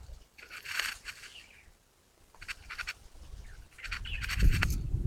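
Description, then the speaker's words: Light-vented Bulbul calls: three short bursts of bright chirping notes, with gusting wind rumbling underneath. In the mountains of Changping, Beijing, after Guyu in late spring, with wind on a day of slight sandstorm. "你们听到的是风声，还有白头鹎的叫声。"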